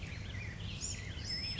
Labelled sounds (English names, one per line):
Black-headed Grosbeak